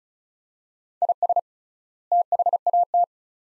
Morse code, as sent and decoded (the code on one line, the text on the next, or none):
.. ... / - .... .- -
IS THAT